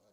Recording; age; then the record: pig call; piglet (1 to 25 days)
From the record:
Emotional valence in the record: positive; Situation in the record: short reunion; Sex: male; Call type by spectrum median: low-frequency call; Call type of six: low-frequency tonal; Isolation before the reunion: 3 minutes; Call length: 0.12 s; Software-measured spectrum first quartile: 492 Hz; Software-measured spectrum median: 1169 Hz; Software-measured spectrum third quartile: 7913 Hz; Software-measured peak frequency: 523 Hz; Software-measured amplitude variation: 37 dB a second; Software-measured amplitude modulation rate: 4.1 a second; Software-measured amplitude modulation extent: 9.0 dB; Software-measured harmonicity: 4.8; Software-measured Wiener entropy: -2.76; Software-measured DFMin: 1220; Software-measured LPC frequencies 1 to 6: 562, 1225, 2198, 4195, 6342, 7101 Hz